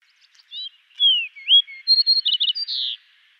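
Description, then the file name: Fox Sparrow song, a rich phrase of clear slurred whistles rising and falling, then quicker sweet notes and a closing buzzy trill, lasting about two and a half seconds. "Passerella iliaca song"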